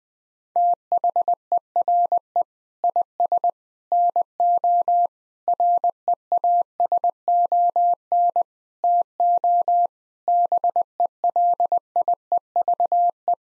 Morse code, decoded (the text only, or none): THERE IS NO REASON TO BELIEVE